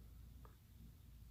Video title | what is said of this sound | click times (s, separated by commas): [Eng] Build your own PC - Full Version | will hear the click sound when | 0.5 s